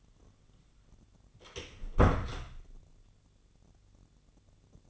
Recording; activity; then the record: daily activity, microphone in the room; close door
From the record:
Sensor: 4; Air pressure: 1010.0 hPa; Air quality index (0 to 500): 192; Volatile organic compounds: 3 ppm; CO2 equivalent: 1376 ppm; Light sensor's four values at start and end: 31/76/31/33 and 34/83/34/35